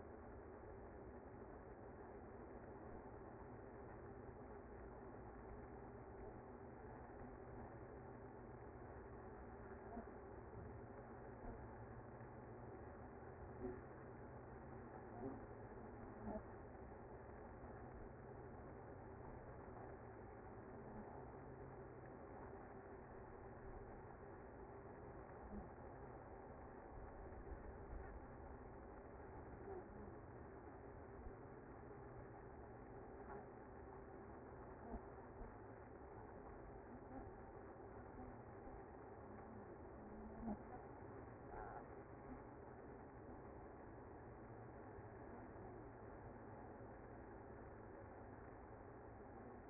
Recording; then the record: honeybee colony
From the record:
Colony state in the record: active